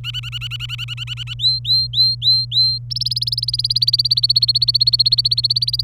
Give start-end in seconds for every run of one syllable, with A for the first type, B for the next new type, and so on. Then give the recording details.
0.04-1.34 A, 1.39-2.78 B, 2.90-5.84 C. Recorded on 27 April 2018 at 14:45. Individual llb3